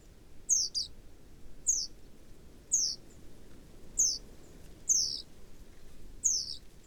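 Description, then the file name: Great tit giving six high, down-sliding call notes spaced throughout over a muted low rumble. "Parus major"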